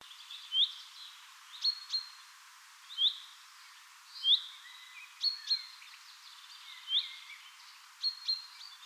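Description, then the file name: Common chaffinch giving sharp hooked call notes, some paired with short flat whistles, spaced irregularly, over light hiss. "Fringilla coelebs"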